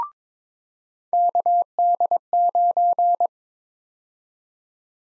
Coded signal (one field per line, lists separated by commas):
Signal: Morse code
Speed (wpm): 22 wpm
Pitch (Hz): 700 Hz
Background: none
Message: KD9